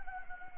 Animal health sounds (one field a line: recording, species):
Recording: mosquito wingbeat signal from an infrared sensor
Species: Anopheles gambiae